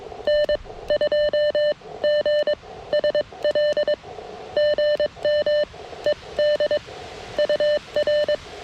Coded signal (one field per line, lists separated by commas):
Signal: Morse code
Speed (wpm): 22 wpm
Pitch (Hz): 600 Hz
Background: none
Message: N 2 G SL GM ED UR